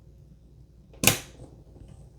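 A second DDR4 memory stick is pressed with firm, even pressure into slot 4 of a motherboard. After a short rising scrape, it snaps in with a sharp, bright click at 1.1 seconds and latches. The RAM is seated and installed.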